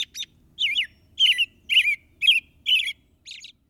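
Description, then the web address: Robin song of bright, slurred whistled phrases delivered steadily about every half second, ending with a faint, high squeaky note. "BIRD NOTE. Robin"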